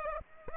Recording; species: mosquito wingbeat signal from an infrared sensor; Culex pipiens